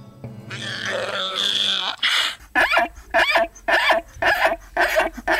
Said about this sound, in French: C'est un âne. C'est un âne. Ah ouais, c'est un âne, d'accord, c'est un âne, ok.